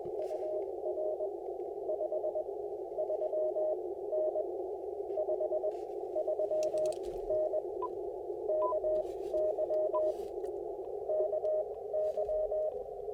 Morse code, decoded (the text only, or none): UR 53N 53N KY KY